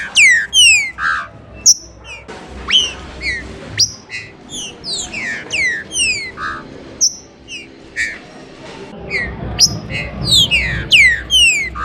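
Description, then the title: Green-winged Saltator: loud whistled phrases of falling slurs and clipped chirps, repeated briskly with short pauses, low hum underneath. "Trinca Ferro"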